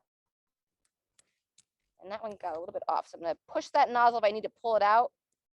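Someone handles the plastic nozzle connector of a resistance band at its cuff fitting, with two faint short ticks at about 1.2 and 1.6 seconds, then talks from about 2 seconds on. Nothing has seated or clicked yet; the connector is not yet home in the cuff.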